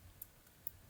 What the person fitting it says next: Perfect. It has clicked in place.